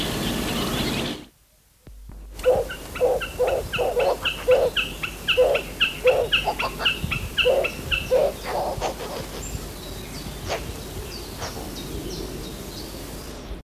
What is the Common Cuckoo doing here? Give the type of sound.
call